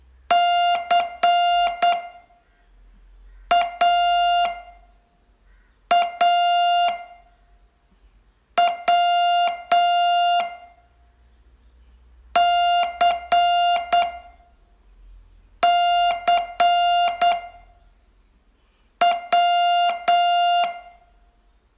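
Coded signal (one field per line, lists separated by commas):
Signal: Morse code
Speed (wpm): 8 wpm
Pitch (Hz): 700 Hz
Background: music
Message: CAAW CCW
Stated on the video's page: Morse training lesson, day 21 of a 42-day course.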